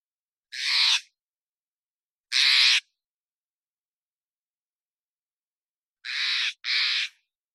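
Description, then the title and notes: Steller's jay giving harsh, raspy calls: a single call, another about two seconds later, then a quick doubled pair near the end, on a silent background. Calls from the Pacific Northwest, Washington, United States; parabolic single-species recording, processed for clarity with natural pace and rhythm kept. "Steller's Jay, Cyanocitta stelleri, calls, Recorded in the beautiful Pacific Northwest, Washington, United States"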